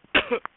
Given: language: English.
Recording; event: throat vibration sensor signal played as sound; cough